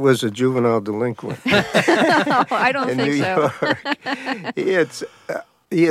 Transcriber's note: laughter